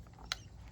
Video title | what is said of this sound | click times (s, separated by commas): DIY Pig and Goat Shelter BUILD Part 1 | you hear it click there that's locked in | 0.3 s